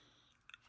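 A compact Kimber KDS9C pistol is pushed into a molded Foundry Holster Company holster. A faint double retention click sounds at about 0.5 seconds, quiet and mild rather than a loud positive snap. The pistol seats in the holster.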